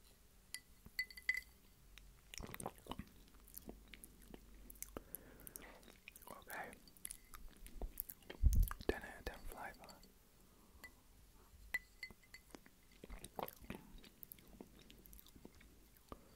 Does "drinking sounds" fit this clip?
yes